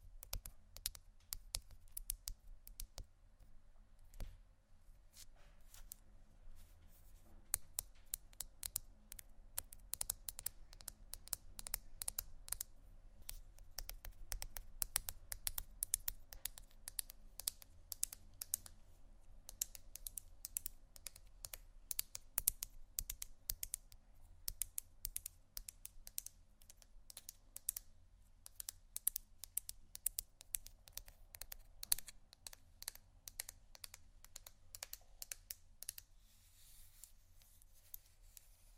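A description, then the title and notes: Gentle tapping in quick, irregular bursts of crisp clicks like keyboard typing, densest mid-clip, over a faint steady low hum. ASMR Gentle Tapping Assortment (No Talking).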